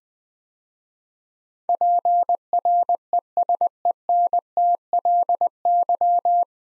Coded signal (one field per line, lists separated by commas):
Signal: Morse code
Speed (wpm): 20 wpm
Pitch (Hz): 700 Hz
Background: none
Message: PRESENTLY